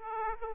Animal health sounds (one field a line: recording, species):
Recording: mosquito wingbeat signal from an infrared sensor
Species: Aedes aegypti